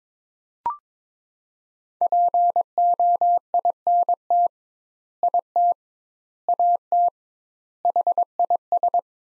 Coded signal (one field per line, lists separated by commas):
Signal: Morse code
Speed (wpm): 22 wpm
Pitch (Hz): 700 Hz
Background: none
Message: POINT IT AT HIS